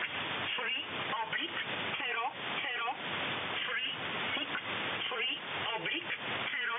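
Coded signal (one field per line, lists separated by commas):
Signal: numbers station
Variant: E11 Oblique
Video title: E11 Oblique Numbers Station, 363/00, 9.13 MHz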